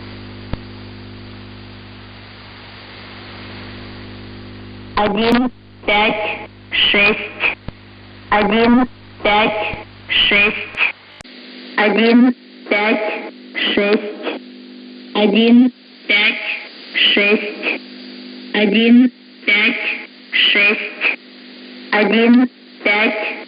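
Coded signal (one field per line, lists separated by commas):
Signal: numbers station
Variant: S06s, Russian female voice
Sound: hum and hiss, then about 20 short evenly spaced spoken words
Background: radio static, hum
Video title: 21 01 2022 Number station S06s Russian Lady in Russian to Eu 0840 on 12153 unknown tx site in CUSB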